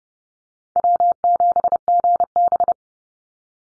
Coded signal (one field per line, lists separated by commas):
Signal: Morse code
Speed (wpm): 30 wpm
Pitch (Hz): 700 Hz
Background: none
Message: W7GB